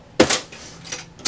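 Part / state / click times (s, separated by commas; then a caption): access door on laser printer / seated / 0.2 s. The plastic front access door on an HP LaserJet M234sdwe laser printer is shut after a new toner cartridge has been put in. A sharp, loud hit at 0.2 s marks the door closing, followed by softer knocks and a final burst near 1.3 s. The door is closed and seated.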